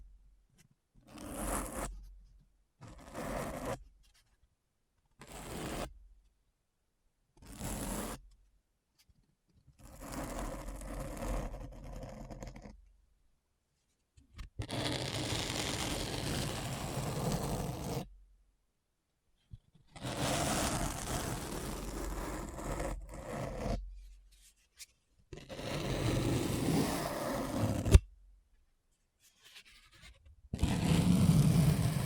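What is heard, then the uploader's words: Scratching sounds come in separate bursts with silent gaps between them. Short strokes of under a second fill the first ten seconds, then longer, denser passes of two to five seconds follow. The scratching is rough and full, low and bright together, with a sharp tap near 28 seconds. ASMR Deep Brain Scratch (No Talking).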